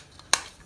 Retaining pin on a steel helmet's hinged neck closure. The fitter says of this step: kind of locks in place like that.